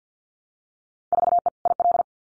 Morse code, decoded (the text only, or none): 4E IL